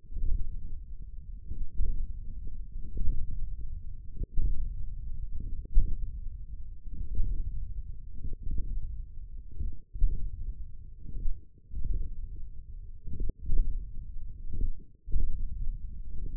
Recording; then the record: forearm muscle sounds (acoustic myography)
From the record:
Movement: hand opening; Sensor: system 1, eight BSWA MPA416 microphones around the upper forearm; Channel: 3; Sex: male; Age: 28 years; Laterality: right